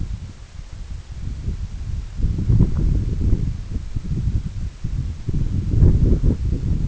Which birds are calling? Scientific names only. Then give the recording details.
none. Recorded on Arctic tundra, site EABA-1, on 21 June 2018. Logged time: 02:00